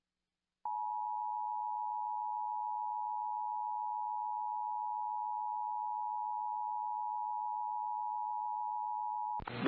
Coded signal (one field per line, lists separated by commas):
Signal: Emergency Alert System (SAME) tones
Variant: 853 and 960 Hz attention tone